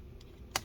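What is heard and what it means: A screw on the CPU heatsink of an ASUS VivoBook 15 X512J laptop is turned backwards in its metal motherboard standoff, before tightening, so its thread drops into the standoff thread. A faint tick comes at 0.2 s, then a small, sharp click at 0.6 s as the thread drops into place. The screw is seated and ready to be tightened.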